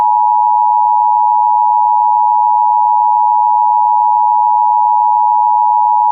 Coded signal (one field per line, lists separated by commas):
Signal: Emergency Alert System (SAME) tones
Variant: 853 and 960 Hz attention tone